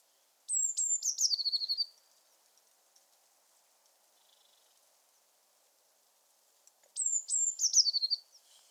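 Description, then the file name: Eurasian blue tit giving a rapid series of high, stuttering notes that tumble downward in pitch, lasting over a second, then repeated about six seconds later. "Cyanistes caeruleus"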